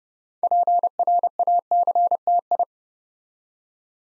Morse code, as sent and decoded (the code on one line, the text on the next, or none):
.--. .-. .- -.-. - ..
PRACTI